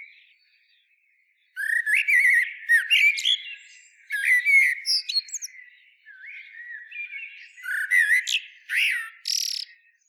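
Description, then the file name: Eurasian blackbird song: three flowing phrases of mellow, slurred whistles, each followed by thin, high squeaks, with short pauses between them. "Turdus merula"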